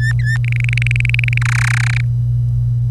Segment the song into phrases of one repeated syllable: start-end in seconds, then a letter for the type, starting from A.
0.00-0.37 A, 0.44-1.38 B, 1.41-2.01 C